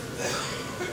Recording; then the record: coughing mixed with background sound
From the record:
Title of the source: Spring Cold Coughing 2